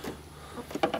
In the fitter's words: so we hook our fuel lines back in this one just snaps in place